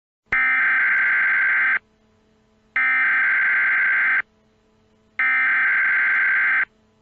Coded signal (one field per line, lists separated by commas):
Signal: Emergency Alert System (SAME) tones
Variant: header bursts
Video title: EAS Scenario 24: Korean attack Minneapolis